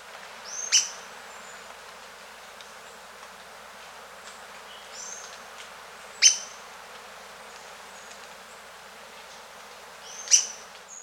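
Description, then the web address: Bird giving three sharp, high call notes a few seconds apart, each a quick bright burst, over a steady background hiss. Costa Rican cloud forest; song and call. "Natures Songs N America Birds of the Costa Rican Cloud Forest Song and call"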